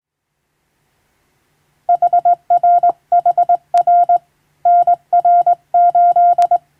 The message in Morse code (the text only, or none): HRHR NR8